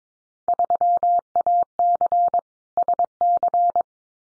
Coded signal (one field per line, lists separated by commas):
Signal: Morse code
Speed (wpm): 22 wpm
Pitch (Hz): 700 Hz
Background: none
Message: 3AC SC